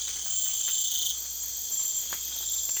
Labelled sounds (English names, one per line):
none